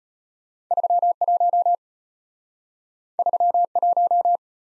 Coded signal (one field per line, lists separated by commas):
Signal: Morse code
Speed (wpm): 34 wpm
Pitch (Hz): 700 Hz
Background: none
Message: 31 31